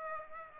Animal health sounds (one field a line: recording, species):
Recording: mosquito wingbeat signal from an infrared sensor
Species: Aedes aegypti